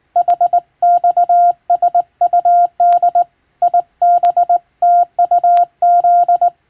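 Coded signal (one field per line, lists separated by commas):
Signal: Morse code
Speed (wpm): 21 wpm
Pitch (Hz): 700 Hz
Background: none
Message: HXSUD IBTUZ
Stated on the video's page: Morse code reception practice recalling ship-to-coast-station radiotelegraph traffic, using a telegram sending practice book.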